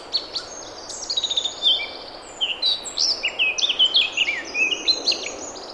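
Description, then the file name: Eurasian blackcap song, a fast stream of high scratchy warbling and bright whistled notes, with a brief pause just after two seconds. "Sylvia atricapilla"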